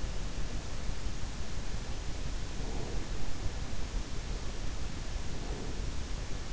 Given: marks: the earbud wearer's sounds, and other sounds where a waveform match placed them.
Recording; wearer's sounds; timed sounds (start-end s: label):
sounds in sleep by an in-ear microphone; breath
2.59-3.17 s: breath
5.24-5.92 s: breath